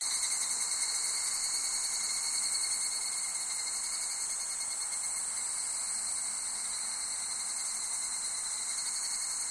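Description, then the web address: Insects in a dense, continuous chorus: steady shrill buzzing with high pulsing bands and a lower ringing tone, no breaks, nothing else clearly heard. Summer insect ambience recorded in Japan. "Sound Effects-Foundation 1 AMBIENCE JAPANESE SUMMER INSECTS"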